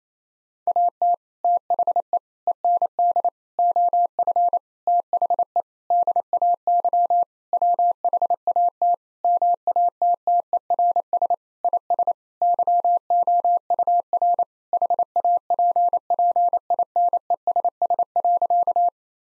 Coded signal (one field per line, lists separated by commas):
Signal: Morse code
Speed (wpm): 28 wpm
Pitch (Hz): 700 Hz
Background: none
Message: AT THE END OF THE DAY WHAT MATTERS IS YOUR HAPPINESS.